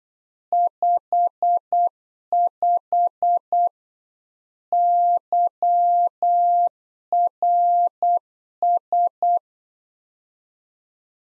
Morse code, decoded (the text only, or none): 55 YRS